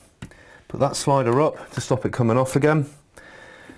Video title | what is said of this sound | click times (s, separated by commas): How To Change A Nolan N20 Visor | then the reverse will just snap into place | 0.2 s